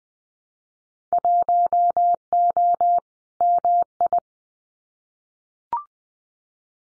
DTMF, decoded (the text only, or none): none